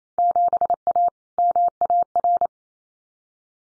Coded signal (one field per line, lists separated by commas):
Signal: Morse code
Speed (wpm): 28 wpm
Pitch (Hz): 700 Hz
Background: none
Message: 7A MAR